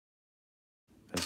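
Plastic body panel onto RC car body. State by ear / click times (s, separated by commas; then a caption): seated / 1.2 s. A plastic body panel is pressed onto the body of a WPL-C34 RC crawler. After about 0.9 seconds of silence, a faint rustle is followed by a sharp pop at 1.2 seconds as the panel seats into place.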